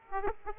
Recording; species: mosquito wingbeat signal from an infrared sensor; Aedes aegypti